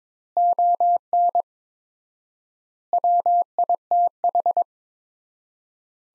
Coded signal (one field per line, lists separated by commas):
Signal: Morse code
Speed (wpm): 22 wpm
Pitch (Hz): 700 Hz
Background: none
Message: ON WITH